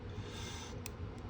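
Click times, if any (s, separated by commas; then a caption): 0.9 s. A small plastic part is pressed down onto the body of a Green Light Durango wide-body diecast model car. A single sharp click sounds at 0.9 s over a low, steady background. The part is seated in place.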